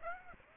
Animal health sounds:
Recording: mosquito wingbeat signal from an infrared sensor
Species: Aedes aegypti

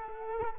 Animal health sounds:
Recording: mosquito wingbeat signal from an infrared sensor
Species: Culex quinquefasciatus

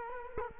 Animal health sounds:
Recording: mosquito wingbeat signal from an infrared sensor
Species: Culex quinquefasciatus

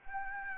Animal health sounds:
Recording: mosquito wingbeat signal from an infrared sensor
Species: Anopheles gambiae

